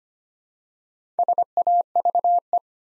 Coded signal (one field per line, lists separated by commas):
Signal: Morse code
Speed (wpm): 25 wpm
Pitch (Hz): 700 Hz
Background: none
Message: SAVE